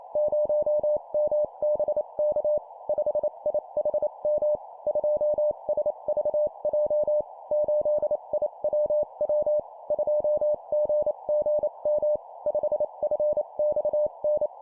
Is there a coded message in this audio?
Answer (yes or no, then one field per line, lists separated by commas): yes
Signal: Morse code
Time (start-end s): 0.2-14.5 s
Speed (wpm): 28 wpm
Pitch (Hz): 600 Hz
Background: none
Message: 0MBK 5IHM 2SVJ 8IWW 2GGM 5FXN